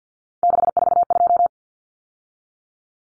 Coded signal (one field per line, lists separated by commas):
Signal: Morse code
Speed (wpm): 49 wpm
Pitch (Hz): 700 Hz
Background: none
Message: 642